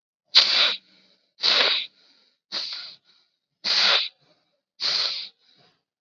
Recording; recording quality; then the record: shallow breathing; excellent, no background noise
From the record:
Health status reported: COVID-19 positive, mild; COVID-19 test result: positive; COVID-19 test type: rapid antigen test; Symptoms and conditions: cough, fatigue, muscle pain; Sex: male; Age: 25 years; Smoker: no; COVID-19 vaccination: both doses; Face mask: worn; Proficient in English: yes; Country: India